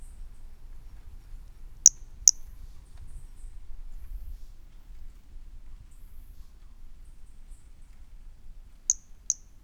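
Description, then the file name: Brachycephalus mirissimus calling: two short, sharp, very high click-like notes in quick succession, then a matching pair about seven seconds later, over a low steady rumble. Recorded 18 January 2018; individual 12, recorded at 20–50 cm; first note of the call missing; specimen collected. "Brachycephalus mirissimus 18 jan 18 individual 12 ex 01 20-50 cm first note missing M R Bornschein"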